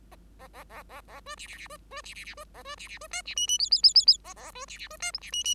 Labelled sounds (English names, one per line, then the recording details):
Bengalese Finch song
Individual Bird5